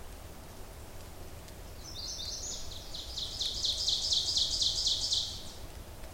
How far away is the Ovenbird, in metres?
about 30 m